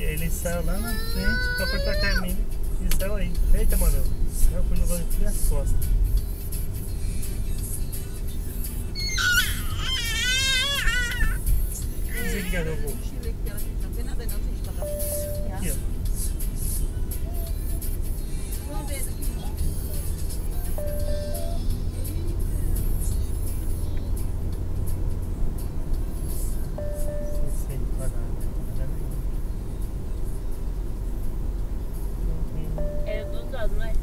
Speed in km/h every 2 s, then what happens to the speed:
38, 39, 39, 37, 37, 36, 35, 35, 38, 45, 51, 56, 59, 60, 60, 60, 59.
0-14 steady at about 37. 14-23 speeds up to 59. 23-34 steady at about 60.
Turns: none.